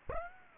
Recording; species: mosquito wingbeat signal from an infrared sensor; Aedes aegypti